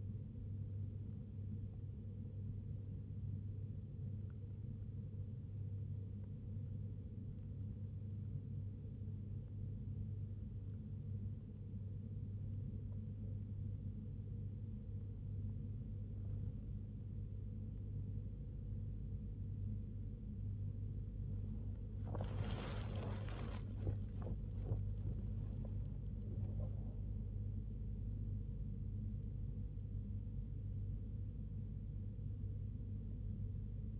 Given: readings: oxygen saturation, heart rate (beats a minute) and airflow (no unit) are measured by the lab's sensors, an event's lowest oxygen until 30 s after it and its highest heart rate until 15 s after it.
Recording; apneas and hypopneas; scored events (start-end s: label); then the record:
breathing in sleep by a smartphone at the bedside; 1
9.00-24.40 s: hypopnea (N2, oxygen 95% highest, then 94% lowest, heart rate 67 at the start, 81 highest)
From the record:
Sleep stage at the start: N2 (light sleep); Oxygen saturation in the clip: 94 to 95%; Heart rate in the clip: 65 to 81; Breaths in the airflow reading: 11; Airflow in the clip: -0.6 to 0.6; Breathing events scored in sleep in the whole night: 101 in 7.3 hours asleep